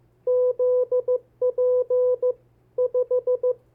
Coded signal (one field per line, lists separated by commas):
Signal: Morse code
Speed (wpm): 15 wpm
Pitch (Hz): 500 Hz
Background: none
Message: ZP 5